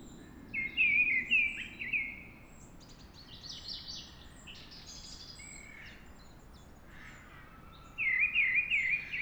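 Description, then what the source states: Mistle Thrush song: a rich fluting phrase, a long gap filled with other birds' high twittering, then another warbled phrase. Singing at dawn.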